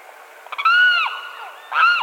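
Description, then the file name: Limpkin call: a long loud wailing cry starting with stuttered clicks, followed by a second cry beginning near the end. Recorded at Quinto Potrero on 8 September 2002. "Aramusguarauna Quinto Potrero 8 SEP 02"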